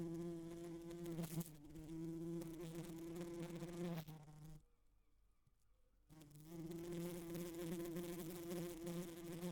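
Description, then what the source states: Bee buzzing in a low, even drone that breaks off into near silence for about a second and a half, then resumes just as loud. Buzzing against a window, in stereo.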